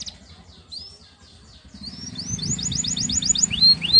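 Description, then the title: Belgian canary song starting faintly, then swelling into a clear fast trill of repeated upswept notes and two rising whistles. Belgian canary warm-up song used for masteran tutoring, a long rolling song meant to help young canaries start singing quickly. "Canto Para Esquentar Canário Belga. Kenari AF gacor panjang untuk masteran, Kenari muda cepat gacor ngerol panjang"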